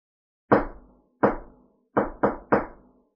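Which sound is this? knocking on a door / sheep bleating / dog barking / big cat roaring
knocking on a door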